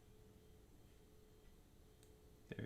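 While re-ordering the BLTouch wires on an Ender 3, a crimped metal terminal is pushed into a plastic connector housing over a low steady hum, with a faint tick at 2.0 s. Two sharp clicks at 2.5 s and 2.6 s mark the locking tab catching, and the terminal is seated.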